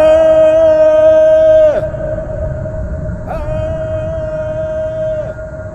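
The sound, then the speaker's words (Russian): A man's loud, drawn-out shout breaking the silence of old deserted halls, held at a steady high pitch for nearly two seconds, then a second long cry after a brief pause, both ending with a sudden drop. “Я крикнул громко и протяжно.”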